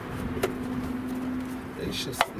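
Clips or fittings are pressed down onto a 403 Olds V8 engine during the intake and power steering install on a 1979 Buick Park Avenue. Two sharp snaps are heard at 0.4 s and 2.2 s over a steady low hum, and the parts seat in place.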